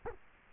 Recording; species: mosquito wingbeat signal from an infrared sensor; Culex quinquefasciatus